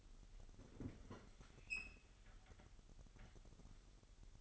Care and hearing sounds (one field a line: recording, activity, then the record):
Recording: daily activity, microphone in the room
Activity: open fridge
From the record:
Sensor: 4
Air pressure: 989.2 hPa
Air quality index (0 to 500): 225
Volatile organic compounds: 85 ppm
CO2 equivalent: 3644 ppm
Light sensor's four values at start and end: 26/92/34/36 and 26/92/34/36